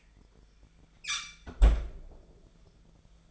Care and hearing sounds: daily activity, microphone in the room; close fridge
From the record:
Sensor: 5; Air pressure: 1009.8 hPa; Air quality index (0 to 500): 160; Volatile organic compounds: 4 ppm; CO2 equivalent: 1561 ppm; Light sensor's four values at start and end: 133/336/141/150 and 131/333/139/148

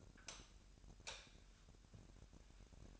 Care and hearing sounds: daily activity, microphone in the room; light off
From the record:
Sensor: 2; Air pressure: 1011.8 hPa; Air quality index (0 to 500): 215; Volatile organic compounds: 3 ppm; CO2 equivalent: 1513 ppm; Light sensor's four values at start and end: 15/42/17/17 and 11/25/11/11

